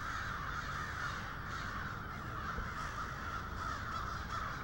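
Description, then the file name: Crows call in a thick chorus of harsh, overlapping caws over a low rumbling background. Several crows. "multi-cinci crows"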